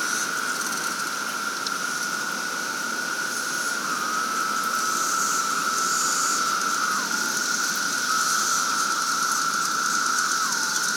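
Cicadas drone in a steady, even chorus, a constant buzzing hum with a few faint sliding tones riding over it.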